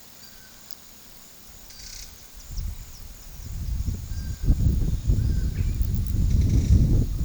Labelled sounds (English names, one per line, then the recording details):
Black Caracara
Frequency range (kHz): Black Caracara 0.5-5.7 kHz
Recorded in pastures near Puerto Asís, Putumayo, Colombia, on 18 February 2024 at 12:30
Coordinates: 0.466, -76.323
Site G6384